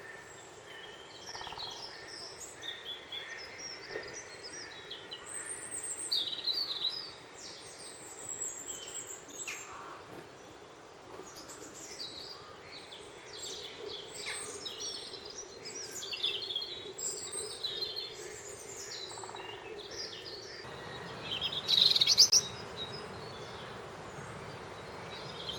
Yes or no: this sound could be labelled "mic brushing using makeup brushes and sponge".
no